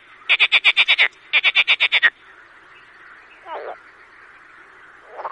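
Marsh frog giving two quick bursts of loud pulsed croaks, then a few quieter grunts.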